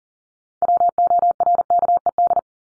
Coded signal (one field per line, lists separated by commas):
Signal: Morse code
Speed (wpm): 40 wpm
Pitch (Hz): 700 Hz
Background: none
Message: WORKED